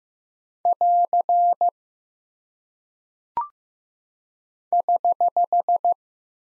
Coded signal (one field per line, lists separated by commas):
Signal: Morse code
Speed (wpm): 15 wpm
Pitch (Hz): 700 Hz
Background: none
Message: <AR> <HH>